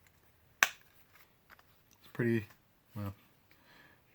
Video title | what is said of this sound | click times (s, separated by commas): Mora Garberg and Eldris Sheaths | the retention on it is very good it's got a nice click going in | 0.6 s